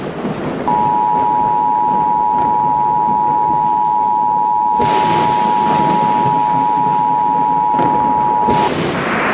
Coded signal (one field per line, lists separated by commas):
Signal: Emergency Alert System (SAME) tones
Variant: 853 and 960 Hz attention tone